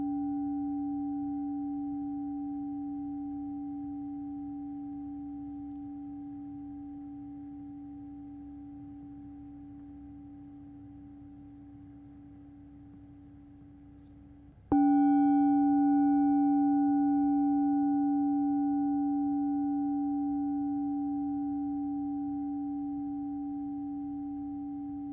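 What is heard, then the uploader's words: A Tibetan singing bowl hums low and steady, fading slowly, then is struck again near fifteen seconds, ringing brighter before another long decay. Tibetan Singing Bowl Sound.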